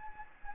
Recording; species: mosquito wingbeat signal from an infrared sensor; Anopheles gambiae